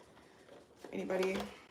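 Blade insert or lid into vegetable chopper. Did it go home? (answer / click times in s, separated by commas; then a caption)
no / none. A slicer insert is handled over a plastic vegetable chopper that has a little drawer, with faint handling noise early on. Someone talks from about 0.8 s to the end, and nothing has seated or clicked into place yet.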